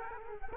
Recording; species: mosquito wingbeat signal from an infrared sensor; Culex quinquefasciatus